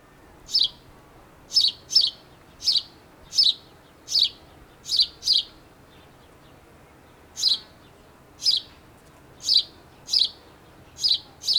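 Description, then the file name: House sparrow chirping, a run of sharp notes a little under a second apart, a two-second pause, then more chirps resuming at the same pace. "Passer domesticus"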